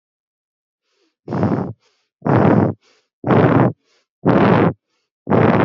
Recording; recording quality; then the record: shallow breathing; excellent, no background noise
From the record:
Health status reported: exposed to COVID-19, no respiratory illness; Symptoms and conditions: none ticked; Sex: female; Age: 23 years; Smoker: not ticked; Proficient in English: yes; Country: India